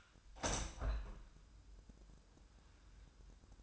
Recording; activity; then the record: daily activity, microphone in the room; open window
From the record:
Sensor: 2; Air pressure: 1004.6 hPa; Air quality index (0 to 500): 77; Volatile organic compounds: 1 ppm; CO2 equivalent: 909 ppm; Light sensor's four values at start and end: 5/12/4/4 and 5/12/5/4